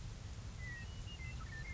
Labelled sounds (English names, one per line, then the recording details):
Western Meadowlark
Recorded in Sonoma County, California